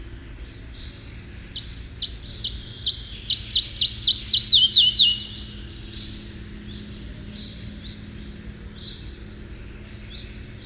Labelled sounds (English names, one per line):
Red-breasted Flycatcher song